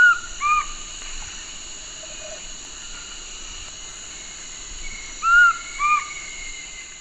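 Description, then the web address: Large-headed flatbill giving soft two-note whistles, a higher note then a lower one, repeated after several seconds against constant high insect drone. Recorded in Ecuador. "S America Birds of Ecuador. Large-headed Flatbill"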